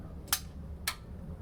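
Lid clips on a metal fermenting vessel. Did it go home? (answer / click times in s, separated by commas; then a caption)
yes / 0.3 s, 0.9 s. Metal clips are closed to fasten the lid onto a metal fermenting vessel. Two sharp clicks are heard at 0.3 s and 0.9 s as the clips latch over a low, steady background hum. The lid is clipped shut and seated.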